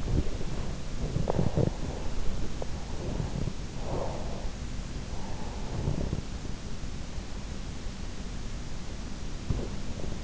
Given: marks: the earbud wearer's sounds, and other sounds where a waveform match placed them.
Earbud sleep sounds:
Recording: sounds in sleep by an in-ear microphone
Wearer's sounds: body movement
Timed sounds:
0.00-10.24 s: body movement

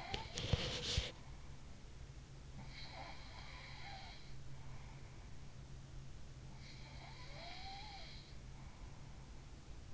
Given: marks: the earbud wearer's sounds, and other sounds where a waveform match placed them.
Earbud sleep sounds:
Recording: sounds in sleep by an in-ear microphone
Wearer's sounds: body movement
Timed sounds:
0.00-1.19 s: body movement
2.68-4.51 s: sound from someone else or the room
6.86-8.17 s: sound from someone else or the room

